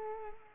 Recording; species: mosquito wingbeat signal from an infrared sensor; Culex quinquefasciatus